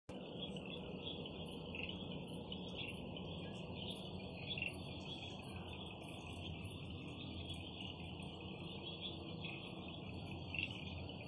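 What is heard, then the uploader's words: Beetles chirp at night in a steady, dense bright band, with a constant low rumble underneath and a couple of sharper chirps standing out. Beetles chirping at night.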